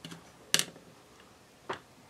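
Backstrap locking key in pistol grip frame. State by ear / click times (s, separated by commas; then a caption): not seated / none. A backstrap locking key is slid back up into the pistol grip frame of a Beretta APX A1 Compact. There is a faint tap near 0.1 s, a sharp, bright double knock at 0.5 and 0.6 s, and a softer tap at 1.7 s. The key goes fully in, but it has not clicked into place.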